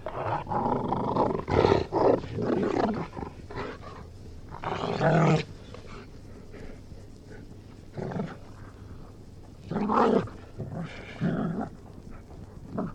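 Golden Retriever growling in rough bursts, several louder bouts separated by quieter grumbling.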